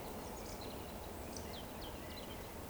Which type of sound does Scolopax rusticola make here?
whistle